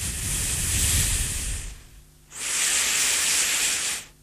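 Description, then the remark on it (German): Two long, deep breaths drawn through the nose during a medical examination, each a steady airy hiss lasting well over a second, separated by a short pause, with no talking. “Sie ganz tief atmen und nicht sprechen dabei, bitte tief nur durch die Nase atmen.”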